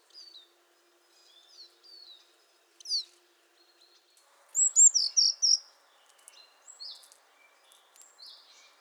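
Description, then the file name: Eurasian blue tit gives a loud phrase of high notes then rapid lower notes midway, with scattered softer thin calls before and after. "Cyanistes caeruleus"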